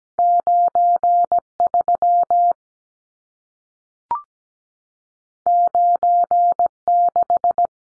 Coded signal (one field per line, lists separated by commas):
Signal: Morse code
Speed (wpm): 17 wpm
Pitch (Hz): 700 Hz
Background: none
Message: 93 96